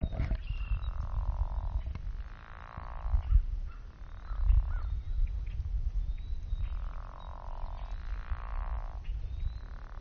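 Pickerel frog giving low rasping snore-like calls, each about a second long, repeated several times over a steady low rumbling background.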